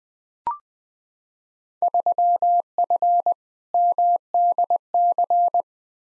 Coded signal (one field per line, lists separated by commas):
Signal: Morse code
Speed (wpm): 20 wpm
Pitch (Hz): 700 Hz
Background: none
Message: 3F MDC